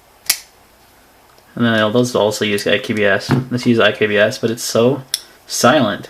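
A folding knife is flipped open and its blade locks into the handle with a sharp, clear click at 0.3 s, making the same click as another knife. After a quiet pause, someone talks for the rest of the clip.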